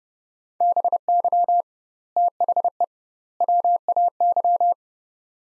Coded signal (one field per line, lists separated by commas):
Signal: Morse code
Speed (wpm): 30 wpm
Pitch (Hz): 700 Hz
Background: none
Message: BY THE WAY